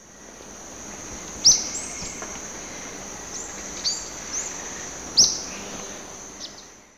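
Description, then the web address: Olive-faced flatbill: two loud, sharp, high rising calls several seconds apart, with fainter similar notes between and after them, over a steady high hiss. Recorded in South America, in Ecuador. "Natures Songs S America Birds of Ecuador Olive-faced Flatbill"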